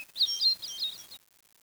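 Bird chirping: a quick burst of high, twittering notes lasting about a second, followed by silence.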